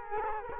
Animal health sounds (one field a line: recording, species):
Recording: mosquito wingbeat signal from an infrared sensor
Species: Culex quinquefasciatus